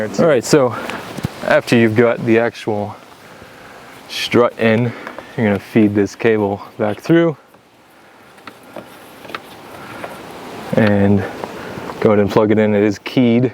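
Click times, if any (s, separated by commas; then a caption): none. On a 2021–2025 fourth-generation Toyota Sienna, the power liftgate strut's electrical cable is fed back through the body opening and lined up before its connector is plugged into the vehicle harness, while someone talks. Short handling knocks sound around 8.5, 8.8, 9.4 and 10.8 seconds. Nothing has clicked or seated yet.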